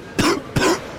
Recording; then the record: coughing mixed with background sound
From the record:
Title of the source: Coughing 46